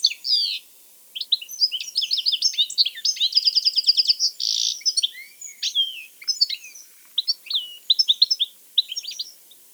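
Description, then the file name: European goldfinch twittering song, rapid high chirps and tinkling notes with a buzzy trill midway, brief pauses between bursts. "Carduelis carduelis"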